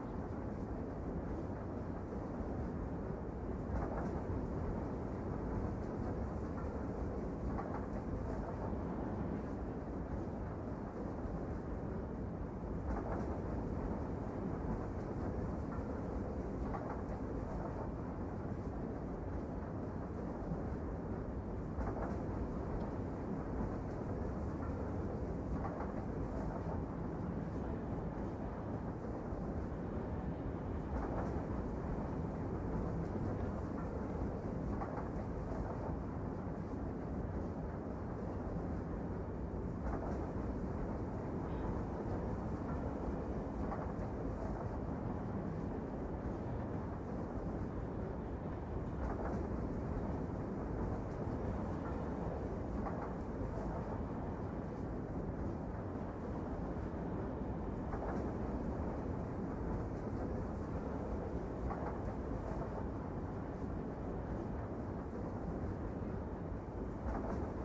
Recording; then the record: background sound without coughing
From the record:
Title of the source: Train Ride Ambience ambient white noise for sleeping, focus, studying, reading